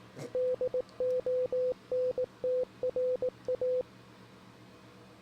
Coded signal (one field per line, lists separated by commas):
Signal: Morse code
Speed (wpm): 18 wpm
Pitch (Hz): 500 Hz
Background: radio noise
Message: DONTRA